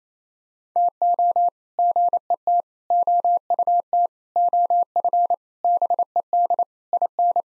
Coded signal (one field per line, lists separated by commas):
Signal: Morse code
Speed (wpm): 28 wpm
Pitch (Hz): 700 Hz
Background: none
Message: TO GET OUT OF BED IN